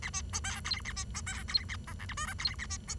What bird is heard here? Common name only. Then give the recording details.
Bengalese Finch. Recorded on 23 June 2012 at 09:58. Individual gr41rd51